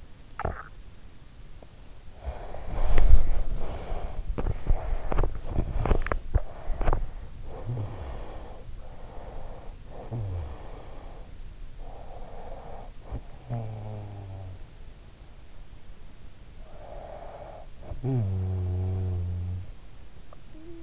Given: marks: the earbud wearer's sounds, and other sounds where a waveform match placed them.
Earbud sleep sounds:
sounds in sleep by an in-ear microphone; swallowing, body movement, breath, teeth grinding, snoring breath
0.00-1.25 s: swallowing
1.82-4.28 s: body movement
1.82-5.60 s: breath
4.73-7.60 s: teeth grinding
7.31-9.88 s: breath
9.88-10.84 s: snoring breath
10.84-13.02 s: breath
13.37-15.20 s: snoring breath
16.34-19.95 s: snoring breath

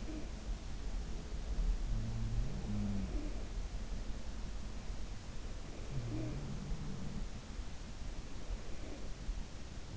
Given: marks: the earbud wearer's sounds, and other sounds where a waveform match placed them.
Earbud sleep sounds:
sounds in sleep by an in-ear microphone; talking in sleep, breath
0.00-0.44 s: talking in sleep
1.24-3.98 s: sound from someone else or the room
2.98-3.43 s: talking in sleep
5.92-7.68 s: sound from someone else or the room
6.10-6.41 s: talking in sleep
8.36-9.62 s: breath

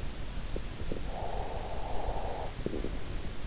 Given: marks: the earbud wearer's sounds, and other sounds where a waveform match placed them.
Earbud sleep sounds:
sounds in sleep by an in-ear microphone; breath
0.75-3.26 s: breath

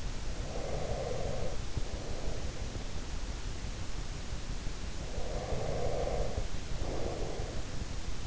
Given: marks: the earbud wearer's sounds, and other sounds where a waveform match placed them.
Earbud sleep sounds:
sounds in sleep by an in-ear microphone; breath
0.37-2.86 s: breath
4.84-8.27 s: breath

